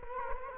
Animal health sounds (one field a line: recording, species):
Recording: mosquito wingbeat signal from an infrared sensor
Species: Culex quinquefasciatus